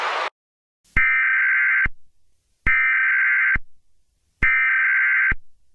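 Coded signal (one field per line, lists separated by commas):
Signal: Emergency Alert System (SAME) tones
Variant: header bursts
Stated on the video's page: Fictional analog-horror EAS scenario about a Skynet AI.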